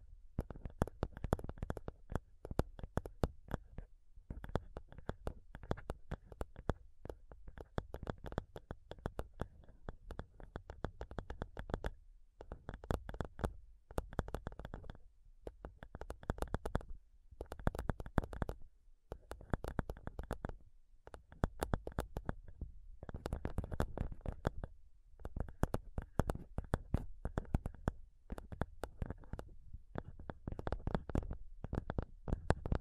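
Fingernails tap and scratch rapidly on a microphone in dense, uneven bursts that run for the full length. Each tap lands with a dull low thump and a sharp click on top. Brief pauses break the flurries around 4, 12, 21 and 28 seconds.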